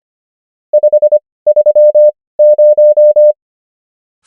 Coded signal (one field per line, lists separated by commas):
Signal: Morse code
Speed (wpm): 25 wpm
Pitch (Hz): 600 Hz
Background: none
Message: 530